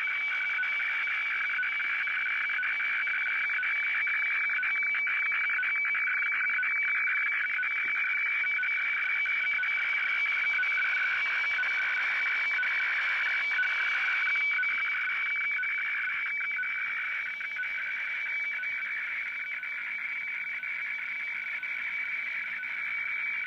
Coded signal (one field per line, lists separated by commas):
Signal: weather fax (radiofax)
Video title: Sony CRF-V21 - WeFax from Kyodo News Agency Japan